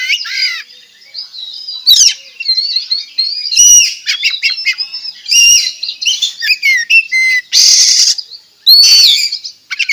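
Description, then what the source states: Oriental magpie-robin giving sweet whistled phrases interspersed with several harsh, scratchy rasping bursts, the song running almost without pause. From Tretes; singing actively.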